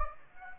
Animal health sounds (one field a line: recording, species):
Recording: mosquito wingbeat signal from an infrared sensor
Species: Anopheles gambiae